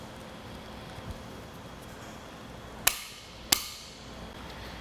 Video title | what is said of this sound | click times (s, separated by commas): etrailer - Thule Roof Racks 4NM Torque Tool Review | once you get to four newton meters you are going to hear a clicking sound | 2.9 s, 3.5 s